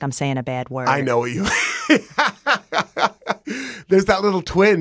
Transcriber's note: laughter